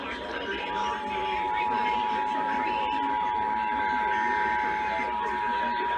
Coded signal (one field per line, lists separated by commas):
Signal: Emergency Alert System (SAME) tones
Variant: 853 and 960 Hz attention tone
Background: speech